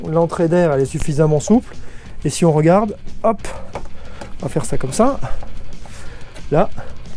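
A foam air pre-filter on its support is being handled and pushed toward the flexible air intake of a Yamaha Ténéré 700 motorcycle, meant for difficult conditions like sand and dust. Someone talks throughout, with faint background music. The clip ends before the filter goes home, so nothing has seated or clicked yet.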